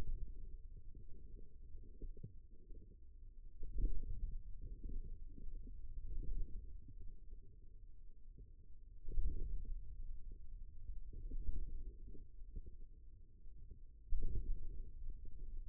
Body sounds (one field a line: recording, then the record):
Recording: forearm muscle sounds (acoustic myography)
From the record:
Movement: hand closing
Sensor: system 2, bracelet of six BSWA MPA416 microphones around the upper forearm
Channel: 3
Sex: male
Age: 22 years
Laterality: right